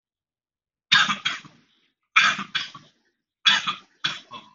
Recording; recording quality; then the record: shallow voluntary cough; excellent, no background noise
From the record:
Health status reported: COVID-19 positive, mild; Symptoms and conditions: cough, cold, fever, loss of smell and taste, asthma, chronic lung disease, pneumonia, hypertension, diabetes, ischaemic heart disease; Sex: male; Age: 40 years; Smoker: yes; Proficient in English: yes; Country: India